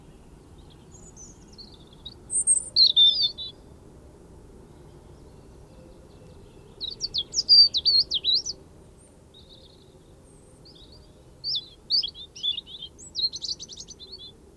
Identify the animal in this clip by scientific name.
Turdus philomelos